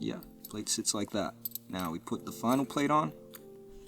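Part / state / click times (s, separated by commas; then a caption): final plastic plate into the stacked layer assembly of a spinning top / not seated / none. Someone talks while handling the final plastic plate that goes onto the stacked layer assembly of a Beyblade Scythe Kronos spinning top. Nothing has seated or clicked yet.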